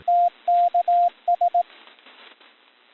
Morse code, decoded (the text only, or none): TKS